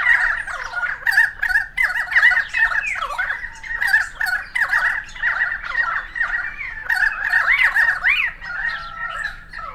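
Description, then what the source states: Currawongs in a dense, pulsing chorus of squawking and gurgling calls throughout. Several birds recorded on 28 May 2013.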